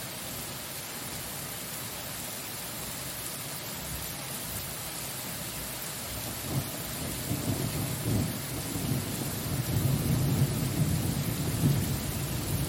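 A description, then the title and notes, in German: A thunderstorm with steady rain hissing evenly throughout. From about six seconds in, deep rolling thunder rises beneath the rain, swelling in waves and growing louder toward the end, with the strongest rumbles near ten and twelve seconds. Gewitter.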